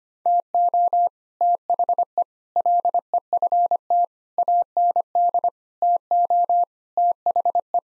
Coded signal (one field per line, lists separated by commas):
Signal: Morse code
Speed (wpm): 25 wpm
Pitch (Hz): 700 Hz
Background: none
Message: TO THE LEFT AND TO THE